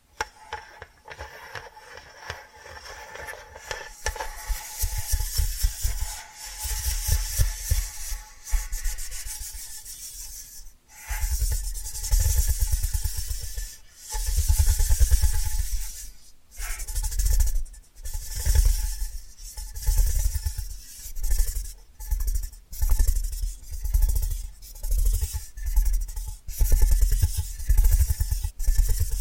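Tapping and scratching in bursts, soft rubbing strokes early, then louder rhythmic scrapes separated by brief silent breaks, repeating steadily throughout.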